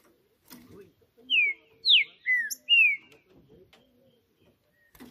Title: Trinca Ferro CANTANDO MUITO de CARA em CIMA do TELHADO! Disputa INSANA!! TRINCA JUSTICEIRO & FBI